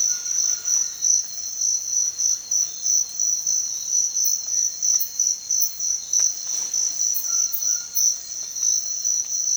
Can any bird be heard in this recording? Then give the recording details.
yes. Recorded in secondary vegetation near Puerto Asís, Putumayo, Colombia, on 23 June 2025 at 06:00. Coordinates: 0.499, -76.323. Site G077